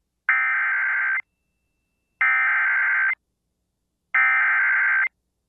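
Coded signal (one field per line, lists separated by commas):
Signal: Emergency Alert System (SAME) tones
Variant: header bursts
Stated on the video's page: Real severe thunderstorm warning; the tones are stated to be valid EAS tones.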